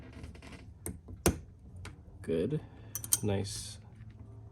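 During reassembly of a folding knife, a handle scale is handled over the knife frame, with light taps and clicks while someone talks. Nothing has seated or clicked into place yet.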